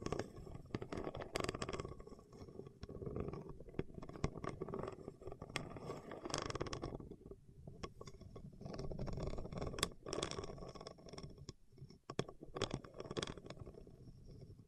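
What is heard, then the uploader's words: Fingertips rub and scrape over wax in a dense, uneven rustle, broken by frequent sharp clicks and snaps over a low rumble. ASMR with Wax Fingertips for Sleep (No Talking).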